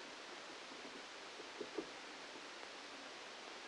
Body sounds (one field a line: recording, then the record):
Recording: brain microelectrode recording played as sound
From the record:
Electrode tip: outside the subthalamic nucleus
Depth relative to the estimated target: -10 mm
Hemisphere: right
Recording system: NeuroSet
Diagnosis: Parkinson's disease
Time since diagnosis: 13 years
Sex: male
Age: 65 years